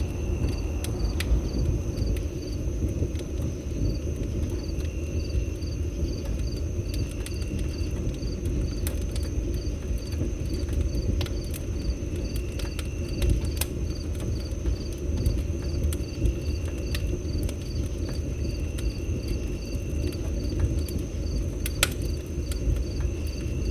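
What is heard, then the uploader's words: A fire burns with a steady, dense low roar, broken by sparse sharp pops and crackles every few seconds. Behind it, a regular high chirping like crickets pulses throughout, with a faint steady whine above it. The Most Relaxing Fire Sounds On A Peaceful Night. The comforting scent of burning wood mingles with the crisp, cool air of a late fall evening.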